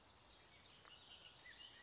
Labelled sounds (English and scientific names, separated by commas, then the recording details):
Bullock's Oriole (Icterus bullockii)
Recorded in Sonoma County, California